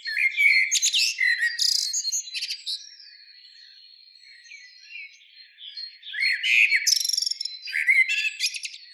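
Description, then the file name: Common blackbird with two bursts of shrill, jumbled twittering, separated by a thin, sustained high whistle and a quieter lull. "Turdus merula"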